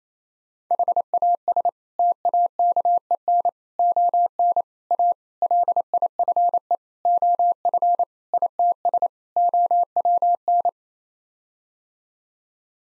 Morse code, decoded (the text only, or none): HAS TAKEN ON A LIFE OF ITS OWN